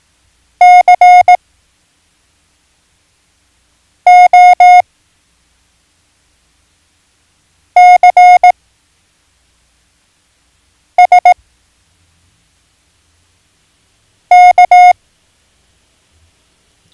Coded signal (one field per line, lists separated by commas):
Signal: Morse code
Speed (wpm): 18 wpm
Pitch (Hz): 720 Hz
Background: none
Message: C O C S K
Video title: Learn Morse Code - Lesson 4